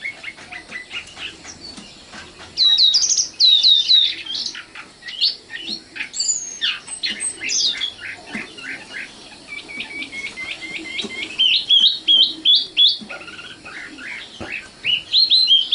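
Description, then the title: Oriental magpie-robin with a long, rich song of fast chattering notes, ringing whistles and repeated rising slurs, nearly continuous with little pause. Kacer song. "Kicau Kacer"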